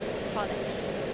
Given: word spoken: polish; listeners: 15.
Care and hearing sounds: one English word in noise, from a listening test; speech-shaped noise; -6.0 dB; 1 of 15; 7 of 15; 0.74 s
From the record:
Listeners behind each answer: 7, 1, 1, 1, 1, 1, 1, 1, 1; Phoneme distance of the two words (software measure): 20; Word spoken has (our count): 2 syllables, 5 phonemes, stress on syllable 1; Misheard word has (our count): 2 syllables, 5 phonemes, stress on syllable 1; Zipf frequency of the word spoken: 4.18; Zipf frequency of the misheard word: 4.65

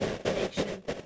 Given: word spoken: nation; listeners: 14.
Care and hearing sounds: one English word in noise, from a listening test; noise modulated by three-talker babble; -7.6 dB; 2 of 14; 6 of 14; 0.66 s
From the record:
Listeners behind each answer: 6, 4, 2, 1, 1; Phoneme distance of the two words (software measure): 17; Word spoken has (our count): 2 syllables, 4 phonemes, stress on syllable 1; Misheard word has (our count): 2 syllables, 5 phonemes, stress on syllable 1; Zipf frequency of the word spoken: 4.76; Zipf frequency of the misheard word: 4.72

